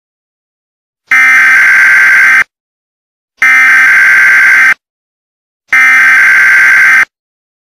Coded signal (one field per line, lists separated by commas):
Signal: Emergency Alert System (SAME) tones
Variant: header bursts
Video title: EAS Scenario #44 The Ultimate Verneshot - ThePhoenixFire Remake